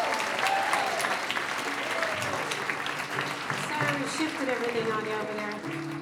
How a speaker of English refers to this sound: Huge round of applause.